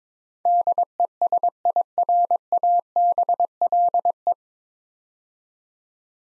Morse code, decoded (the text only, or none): DESIRABLE